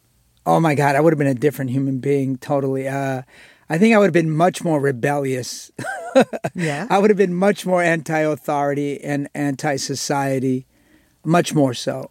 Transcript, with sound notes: Oh, my God. I would have been a different human being totally. I think I would have been much more rebellious (laughter).
Yeah.
I would have been much more anti-authority and anti-society - much more so.